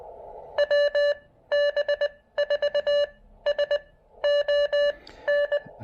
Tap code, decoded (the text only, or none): none